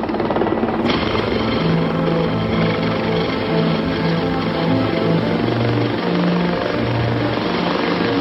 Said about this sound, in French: Puis, on entend les premiers ronflements des rotors des deux hélicoptères. Ils atterrissent, on éteint les moteurs, il est 10h30, François Mitterrand pose le pied à Sarajevo.